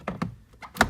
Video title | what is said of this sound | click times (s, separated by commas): How to Remove SRS Airbag Module & Seat Belts on Honda Civic - MyAirbags | hear the pops now | 0.1 s, 0.2 s, 0.8 s